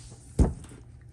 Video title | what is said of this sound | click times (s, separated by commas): RV Fresh Water Tank Repair On Our Grand Design Imagine XLS 22 MLE | And basically, you just slide them on and push until you hear a click. | 0.4 s